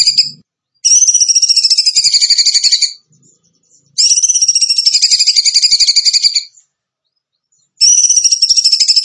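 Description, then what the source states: Bird song: rapid, rattling high trills, each about two to three seconds long, separated by short silences. Masteran (training recording) for birds in the tembakan gacor style.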